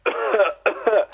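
Two short voiced, throat-clearing coughs from an adult man, acted for comic effect.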